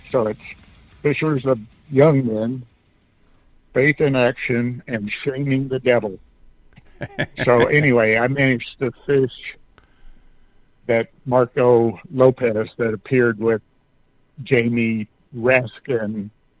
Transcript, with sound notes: So it's fishers of young men, faith in action, and shaming the devil.
(laughs)
So anyway, I managed to fish that Marco Lopez that appeared with Jamie Raskin